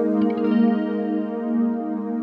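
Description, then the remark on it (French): A short song composed for Justin, a cat, plays, opening on a steady, sustained chord with a warm, shimmering, effects-laden tone that holds at an even loudness; no one speaks over it. “Alors, on lui a composé une petite chanson.”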